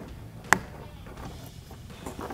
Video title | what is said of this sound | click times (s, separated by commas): HR Tested: 413% Brighter lights For The 09-18 RAM 1500 Projector and Reflector Headlights | let the black wires line up right across from each other snaps into place just like that | 0.5 s